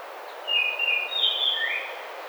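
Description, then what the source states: Baltimore oriole song: clear flute-like whistled notes, a steady whistle followed by a higher held note and a short rising slur, over faint background hiss. Recorded on 27 May 2009.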